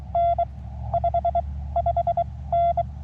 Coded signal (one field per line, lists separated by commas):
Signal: Morse code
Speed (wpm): 25 wpm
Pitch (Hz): 690 Hz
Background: none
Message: N 55N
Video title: Cootie Key Morse Code CW POTA activation of Lowden State Park, Oregon IL with K9NUD 3 of 3 that day